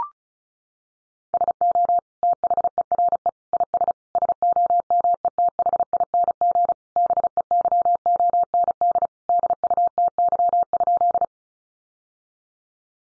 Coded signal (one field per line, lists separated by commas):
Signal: Morse code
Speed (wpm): 34 wpm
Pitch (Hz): 700 Hz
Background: none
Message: SO THERE IS SOMETHING BEYOND DUTY?